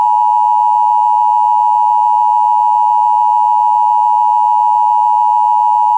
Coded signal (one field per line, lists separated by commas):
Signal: Emergency Alert System (SAME) tones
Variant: 853 and 960 Hz attention tone